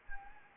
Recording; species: mosquito wingbeat signal from an infrared sensor; Anopheles gambiae